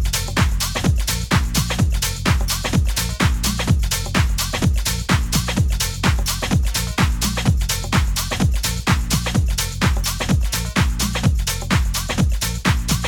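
A steady, beat-driven piece of music with sharp hits landing several times a second at an even pace over its whole length. Deep bass notes step between pitches beneath crisp, bright percussion, and the loudness stays dense and constant throughout.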